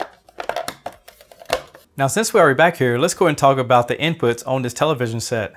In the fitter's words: 确保它在里面，然后你想继续并像一样铺设电缆这个然后继续并扣紧这块到位